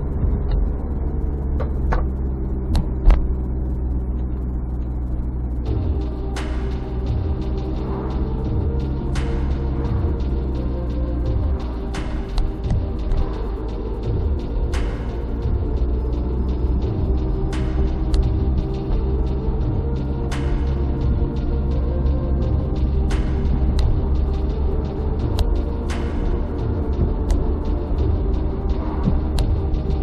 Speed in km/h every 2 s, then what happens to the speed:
32, 29, 28, 27, 30, 30, 26, 24, 25, 26, 29, 30, 33, 34, 34.
0-10 steady at about 29. 10-15 slows to 24. 15-26 speeds up to 34.